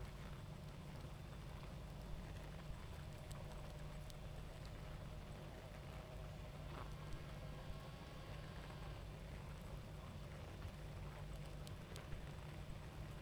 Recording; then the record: honeybee colony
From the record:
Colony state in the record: active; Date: 28 July 2017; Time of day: 21:45